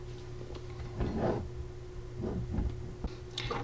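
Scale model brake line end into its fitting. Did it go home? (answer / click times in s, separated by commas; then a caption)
yes / 3.4 s. The other end of a brake line on a British SAS Willys Jeep scale model from Agora Models is pressed into its fitting. Soft handling rustles and a faint tick at 3.0 s come before a sharp, short snap at 3.4 s. The line is seated firmly with no glue needed.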